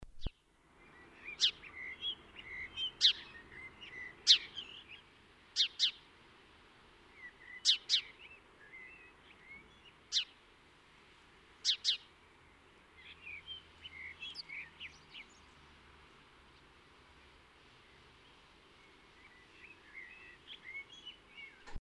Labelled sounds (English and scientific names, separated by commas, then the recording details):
House Sparrow (Passer domesticus) song, Common Blackbird (Turdus merula)
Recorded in the wild
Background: Turdus merula
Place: Kaiserslautern, Rheinland-Pfalz, DE
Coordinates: 49.4247, 7.77889
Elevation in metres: 279
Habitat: garden
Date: 1977-05-10
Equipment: Nagra IV, Sennheiser MKH 405, Parabolreflektor
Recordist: Tretzel, Erwin
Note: Garten, Kaiserslautern: Gesang